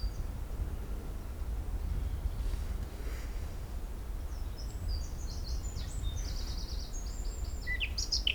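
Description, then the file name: Eurasian blackcap, a fast series of high chattering, warbled notes in the second half, with a constant low rumble underneath. "Sylvia atricapilla"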